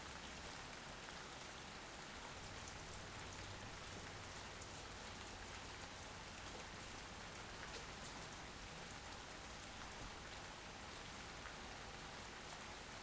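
A light shower falls steadily and evenly, soft hiss of rain with faint scattered drops and a low, constant rumble underneath throughout.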